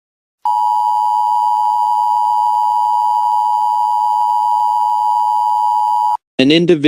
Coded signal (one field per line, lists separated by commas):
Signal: Emergency Alert System (SAME) tones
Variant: 853 and 960 Hz attention tone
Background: speech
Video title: EAS Scenario #1: Serial Killer